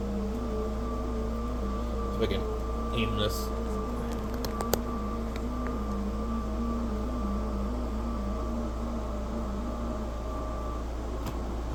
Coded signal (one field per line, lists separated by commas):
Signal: FT8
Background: speech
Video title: 10m ham radio ft8 working great